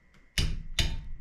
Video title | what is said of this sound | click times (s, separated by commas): Nitro 200 head replacement part 3 of 4 | right there it clicked just double check real quick | 0.4 s